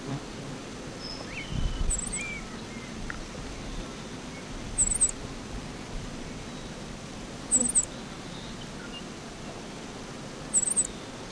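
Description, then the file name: Black-masked finch: small bird giving a very high, thin, buzzy double note, repeated about every three seconds over a steady hiss of background noise. "Coryphaspizamelanotisjmb"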